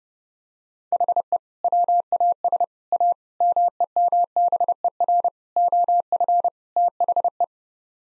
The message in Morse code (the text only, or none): HE WAS A MEMBER OF THE